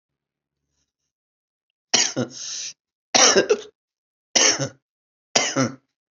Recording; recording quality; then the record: shallow voluntary cough; excellent, no background noise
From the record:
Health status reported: healthy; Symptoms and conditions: none ticked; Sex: male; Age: 54 years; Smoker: not ticked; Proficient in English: yes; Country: India